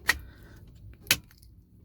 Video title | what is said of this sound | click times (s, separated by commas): 2008 ford escape ignition switch issues. (Hard to start ignition switch issue solved) | okay snap into place | 1.1 s